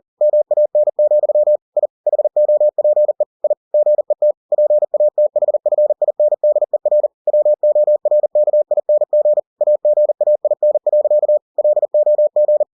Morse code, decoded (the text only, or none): MAN, I HOPE I GET PATHFINDER WORKING AGAIN. LOG